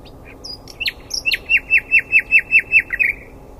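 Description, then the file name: Common nightingale song: a few sharp introductory notes, then several loud, evenly repeated downslurred notes, ending in a few softer notes. "Luscinia megarhynchos"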